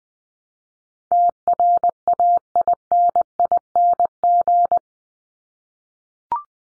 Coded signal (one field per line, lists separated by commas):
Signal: Morse code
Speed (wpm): 20 wpm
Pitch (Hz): 700 Hz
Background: none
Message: TRAINING